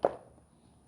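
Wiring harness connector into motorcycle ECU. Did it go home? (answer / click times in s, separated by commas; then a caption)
yes / 0.1 s. A wiring harness connector is pushed all the way into the flashed ECU of a 2020–2024 Kawasaki Ninja ZX-10R motorcycle during reinstallation. A single sharp snap sounds at 0.05 s and fades quickly into quiet background. The connector locks and is seated.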